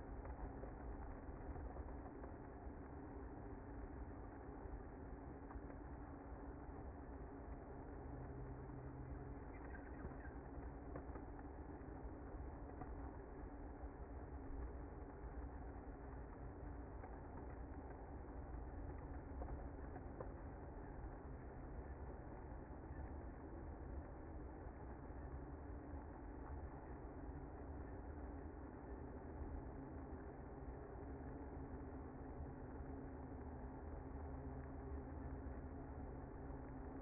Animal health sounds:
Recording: honeybee colony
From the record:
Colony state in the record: active

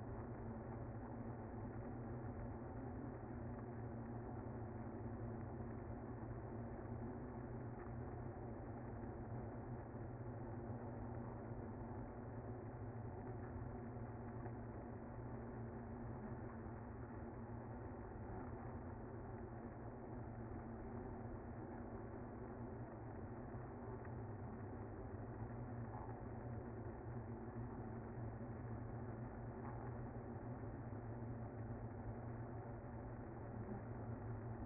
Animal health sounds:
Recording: honeybee colony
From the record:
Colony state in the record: active

